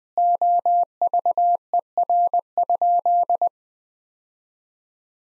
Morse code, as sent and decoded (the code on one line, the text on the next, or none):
--- ...- . .-. ..--..
OVER?